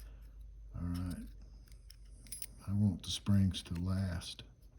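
A spring-loaded internal component is being pushed gently into the fire control unit of a Sig Sauer P320 pistol during reassembly, handled carefully so the springs last. Someone talks over faint metallic handling ticks and scrapes. Nothing has seated or clicked yet.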